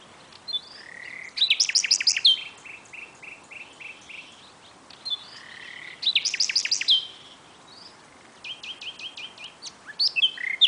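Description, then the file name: Common nightingale song with rapid trills and runs of evenly spaced whistled notes, phrases separated by pauses. "Luscinia megarhynchos"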